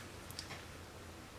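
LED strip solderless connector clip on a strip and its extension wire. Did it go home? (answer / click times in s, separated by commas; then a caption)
yes / 0.3 s, 0.4 s. The plastic locking cover of a solderless clip-on connector, joining an LED light strip to its extension wire, is pressed shut after its two small pins are lined up. Two close, quiet clicks come at 0.3 s and 0.4 s over a steady low hum, and the connector locks shut.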